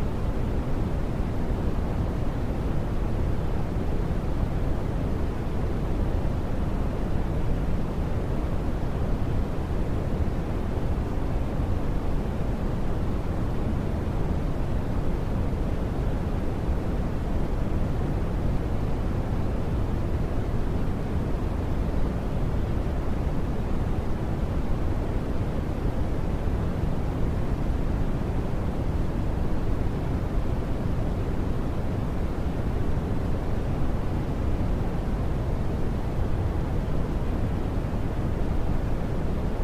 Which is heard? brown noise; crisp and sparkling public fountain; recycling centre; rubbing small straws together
brown noise